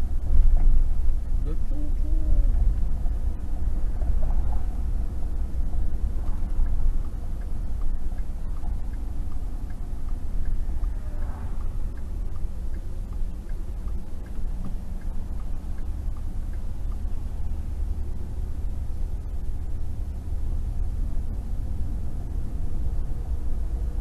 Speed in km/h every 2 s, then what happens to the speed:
44, 44, 44, 42, 40, 32, 29, 31, 34, 37, 40, 44.
0-9 steady at about 44. 9-13 slows to 29. 13-24 speeds up to 44.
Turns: 10-15.